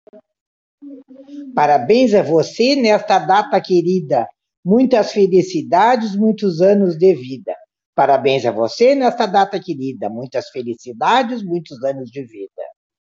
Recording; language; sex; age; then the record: short text; Brazilian Portuguese; female; 60 to 69 years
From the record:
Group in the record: control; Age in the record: 63 years